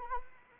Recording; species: mosquito wingbeat signal from an infrared sensor; Anopheles arabiensis